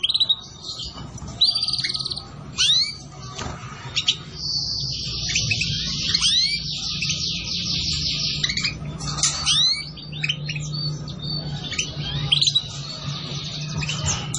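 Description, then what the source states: Canary song, long rapid trills and rolling buzzy phrases, high and bright, broken by quick rising whistled notes, over a faint low hum. Recording used as a bird lure.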